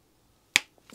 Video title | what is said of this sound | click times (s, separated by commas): Lawn Mower Will Not Start Here's Why Briggs And Stratton Engine #howto | use the back of your screwdriver and just literally you hear it go click | 0.6 s